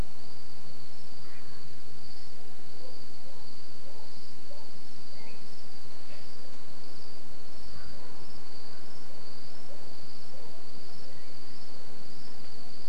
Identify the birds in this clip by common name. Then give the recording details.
Eurasian Nightjar. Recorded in France